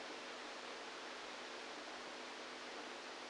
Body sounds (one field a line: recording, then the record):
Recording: brain microelectrode recording played as sound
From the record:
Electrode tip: outside the subthalamic nucleus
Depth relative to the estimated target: -6 mm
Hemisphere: right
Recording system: NeuroSet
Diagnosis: Parkinson's disease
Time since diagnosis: 27 years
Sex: male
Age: 62 years